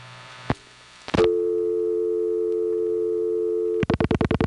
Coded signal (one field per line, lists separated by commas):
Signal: telephone call progress tone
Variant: North America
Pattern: dial tone